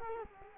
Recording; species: mosquito wingbeat signal from an infrared sensor; Culex quinquefasciatus